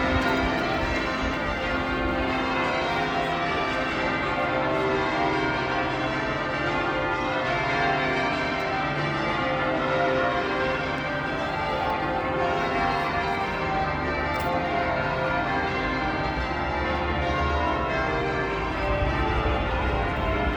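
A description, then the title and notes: Church bells ring changes at full tilt, a dense, unbroken tumble of overlapping strikes that never pauses across the whole stretch. The peals bounce off surrounding buildings, blurring into a ringing wash, with a low rumble running underneath. Bow Bells, London, UK at 7.36pm. Bow bells – absolutely going for it – folding off the walls of the buildings surrounding the church.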